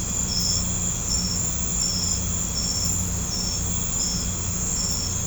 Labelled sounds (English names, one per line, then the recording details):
none
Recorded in pastures near Puerto Asís, Putumayo, Colombia, on 18 December 2024 at 21:30
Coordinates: 0.505, -76.324
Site G063